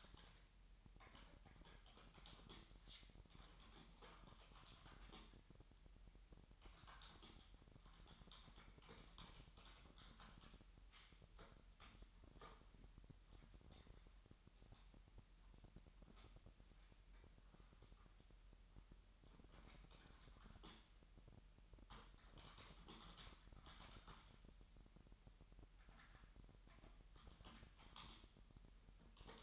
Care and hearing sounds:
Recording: daily activity, microphone in the room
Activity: typing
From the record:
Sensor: 3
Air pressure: 1002.0 hPa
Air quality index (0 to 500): 246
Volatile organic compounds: 50 ppm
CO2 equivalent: 3295 ppm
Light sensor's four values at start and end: 13/39/17/15 and 13/40/17/15

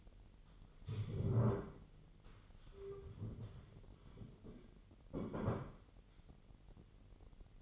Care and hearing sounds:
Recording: daily activity, microphone in the room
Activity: stand up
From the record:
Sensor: 4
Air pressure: 999.4 hPa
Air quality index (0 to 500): 105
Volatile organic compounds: 2 ppm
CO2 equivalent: 1040 ppm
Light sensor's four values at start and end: 11/26/10/12 and 11/26/10/12

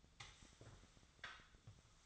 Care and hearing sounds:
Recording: daily activity, microphone in the room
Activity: sweep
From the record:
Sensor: 3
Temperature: 24.4 degrees Celsius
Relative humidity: 34.2%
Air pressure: 1004.7 hPa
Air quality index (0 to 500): 87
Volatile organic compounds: 3 ppm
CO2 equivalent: 1326 ppm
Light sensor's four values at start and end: 5/12/5/5 and 7/17/7/6

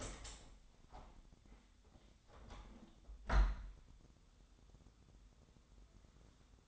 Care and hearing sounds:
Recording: daily activity, microphone in the room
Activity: open window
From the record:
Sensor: 3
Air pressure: 1006.6 hPa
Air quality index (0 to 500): 208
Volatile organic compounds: 19 ppm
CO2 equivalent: 2658 ppm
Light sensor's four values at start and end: 10/24/10/10 and 11/25/10/10

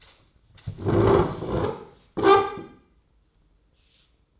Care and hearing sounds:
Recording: daily activity, microphone in the room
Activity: sit down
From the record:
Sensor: 3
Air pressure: 995.9 hPa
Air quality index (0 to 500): 246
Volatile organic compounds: 1000 ppm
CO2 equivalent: 6283 ppm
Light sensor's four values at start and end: 42/101/44/48 and 39/95/41/44

